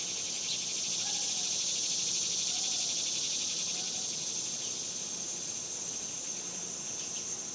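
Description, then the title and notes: Cicadas sing a sustained shrill buzz with a fine rapid pulse, unbroken throughout, while faint chirps and low hum sit beneath. Recorded outdoors in summer in the suburbs. "Ext Summer Cicadas, Suburbs by Bandeto"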